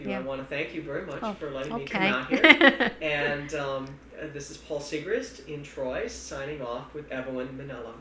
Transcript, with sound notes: I want to thank you very much for letting me come out here.
Okay. ( she laughs )
And this is Paul Sigrist in Troy, signing off with Evelyn Manella.